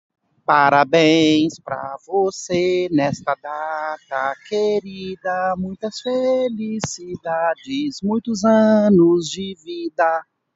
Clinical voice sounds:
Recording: short text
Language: Brazilian Portuguese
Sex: male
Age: 40 to 49 years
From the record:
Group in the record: control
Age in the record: 41 years

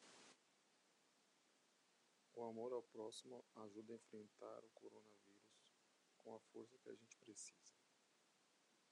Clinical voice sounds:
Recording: spoken sentence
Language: Brazilian Portuguese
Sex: male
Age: 30 to 39 years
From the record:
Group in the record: control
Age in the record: 33 years

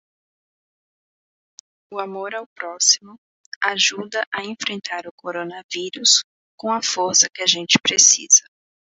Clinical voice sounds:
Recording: spoken sentence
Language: Brazilian Portuguese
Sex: female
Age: 20 to 29 years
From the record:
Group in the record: control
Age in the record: 23 years

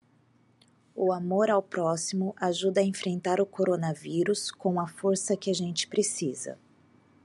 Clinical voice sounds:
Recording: spoken sentence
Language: Brazilian Portuguese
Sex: female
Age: 40 to 49 years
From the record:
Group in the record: control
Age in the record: 41 years

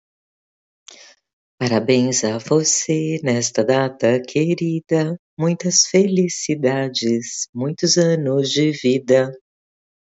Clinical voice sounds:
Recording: short text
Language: Brazilian Portuguese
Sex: female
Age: 50 to 59 years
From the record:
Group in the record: control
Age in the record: 50 years

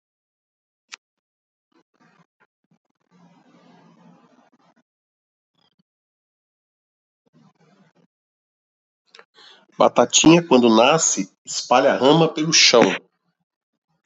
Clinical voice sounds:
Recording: short text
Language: Brazilian Portuguese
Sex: male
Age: 50 to 59 years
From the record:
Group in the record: control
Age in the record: 55 years

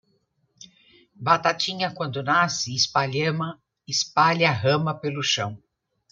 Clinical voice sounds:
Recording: short text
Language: Brazilian Portuguese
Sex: female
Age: 60 to 69 years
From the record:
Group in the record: control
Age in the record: 65 years

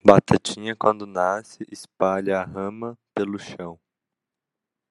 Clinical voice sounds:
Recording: short text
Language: Brazilian Portuguese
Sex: male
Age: 20 to 29 years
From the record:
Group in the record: control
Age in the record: 23 years

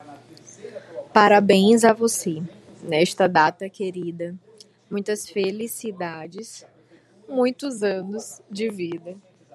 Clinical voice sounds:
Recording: short text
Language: Brazilian Portuguese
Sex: female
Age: 30 to 39 years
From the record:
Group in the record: control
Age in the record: 34 years

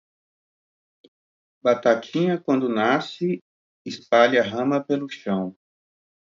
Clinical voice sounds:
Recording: short text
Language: Brazilian Portuguese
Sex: male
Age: 40 to 49 years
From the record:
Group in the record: control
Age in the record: 44 years

